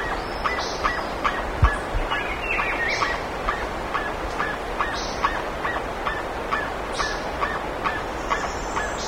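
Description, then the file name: Bird calling in quick repeated nasal notes, roughly two or three each second, while high short chips sound above a steady hiss. "SABIOD 50 bird 2015"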